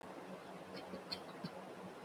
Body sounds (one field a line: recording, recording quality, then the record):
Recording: shallow voluntary cough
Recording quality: poor, much background noise or distortion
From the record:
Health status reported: COVID-19 positive, no symptoms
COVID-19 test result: positive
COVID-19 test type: RT-PCR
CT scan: not taken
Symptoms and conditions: cough, cold, sore throat, fever, fatigue, asthma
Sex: male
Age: 20 years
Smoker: no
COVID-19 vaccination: both doses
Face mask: worn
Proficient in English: yes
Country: India